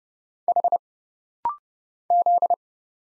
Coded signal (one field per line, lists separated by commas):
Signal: Morse code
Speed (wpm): 29 wpm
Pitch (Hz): 700 Hz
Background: none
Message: H Z